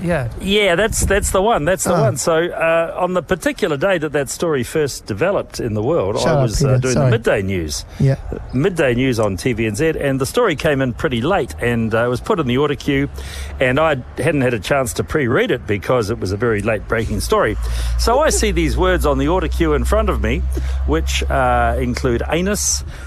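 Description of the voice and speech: A man who reads television news tells a story fluently at an even, relaxed pace in a clear, ordinary voice.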